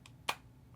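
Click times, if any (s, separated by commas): 0.3 s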